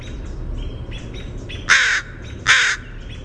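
Northern crested caracara giving two loud, harsh, grating calls under a second apart, over steady low rumble and faint, softer bird notes.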